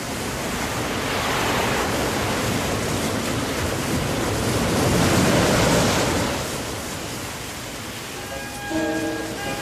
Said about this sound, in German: Vorsicht, Sylvie! Die Flut!